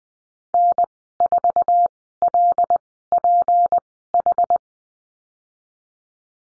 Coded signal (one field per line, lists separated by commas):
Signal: Morse code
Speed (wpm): 20 wpm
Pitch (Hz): 700 Hz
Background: none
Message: N4LPH